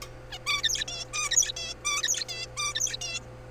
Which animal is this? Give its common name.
Zebra Finch